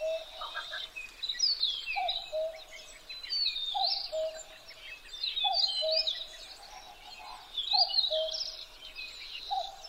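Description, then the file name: Common cuckoo giving its two-note cuck-oo call, a higher note then a lower one, repeated about every two seconds beneath a busy chorus of high-pitched songbirds. Recorded 12 June 2011 at 03:53. "kakkou 20110612-0353"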